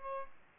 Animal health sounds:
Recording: mosquito wingbeat signal from an infrared sensor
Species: Aedes albopictus

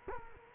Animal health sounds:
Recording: mosquito wingbeat signal from an infrared sensor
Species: Culex quinquefasciatus

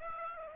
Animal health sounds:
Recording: mosquito wingbeat signal from an infrared sensor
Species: Aedes aegypti

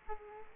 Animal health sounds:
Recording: mosquito wingbeat signal from an infrared sensor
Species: Culex quinquefasciatus

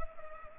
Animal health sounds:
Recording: mosquito wingbeat signal from an infrared sensor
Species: Culex pipiens

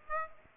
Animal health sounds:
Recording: mosquito wingbeat signal from an infrared sensor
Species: Aedes aegypti

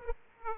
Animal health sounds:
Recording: mosquito wingbeat signal from an infrared sensor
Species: Aedes aegypti

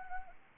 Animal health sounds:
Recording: mosquito wingbeat signal from an infrared sensor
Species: Anopheles arabiensis

